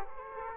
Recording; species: mosquito wingbeat signal from an infrared sensor; Aedes aegypti